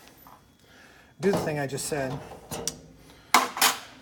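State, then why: Seated. A plastic outlet piece is pushed into a roof fascia board while someone talks. A sharp click at 3.3 seconds is followed by a softer rattle, as the outlet's clip snaps into place and the piece stays seated.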